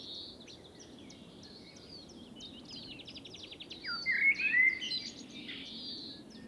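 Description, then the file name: Common blackbird singing: high scratchy twittering and a rapid buzzy rattle, then a short rich fluted warble, over steady low background noise. "Turdus merula"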